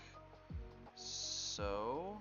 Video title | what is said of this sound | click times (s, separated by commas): Building Some Gundam Model Kits! Mobile Fighter G Gundam Models | Looks like it says it clicks but didn't hear a click. | none